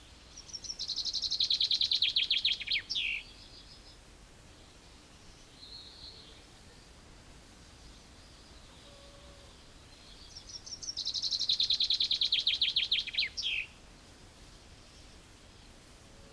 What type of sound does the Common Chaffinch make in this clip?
song